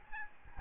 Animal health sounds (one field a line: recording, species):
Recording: mosquito wingbeat signal from an infrared sensor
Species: Aedes albopictus